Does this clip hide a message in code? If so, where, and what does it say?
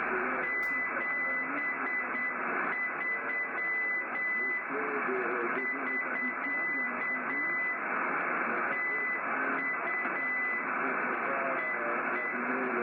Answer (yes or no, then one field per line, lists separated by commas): yes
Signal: Morse code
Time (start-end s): 0.4-12.3 s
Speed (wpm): 8 wpm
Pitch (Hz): 2000 Hz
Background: speech, radio noise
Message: 73 <SK> TU EE